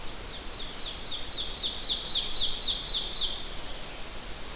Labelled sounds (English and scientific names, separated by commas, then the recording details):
Ovenbird (Seiurus aurocapilla) song
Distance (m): 30 m
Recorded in boreal forest in Alberta, Canada, on 12 June 2016 at 07:21
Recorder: SongMeter 3, array SBT-3-18
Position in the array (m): 239 m, 84 m
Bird 31